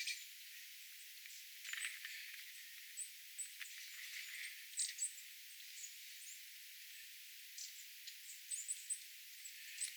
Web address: paivat 27 1 2026 pikkulintuparvi pyrstotiais tiaisparven aantelya